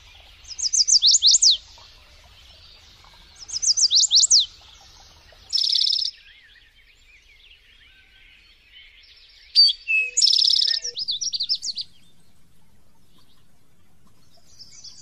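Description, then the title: Lovebird calls in short shrill bursts of fast chirps, several clusters separated by a few seconds of quiet. Lovebird call used as a lure to attract lovebirds. "PIKAT BURUNG LOVEBIRD"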